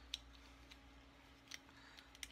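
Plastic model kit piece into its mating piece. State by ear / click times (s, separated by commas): not seated / none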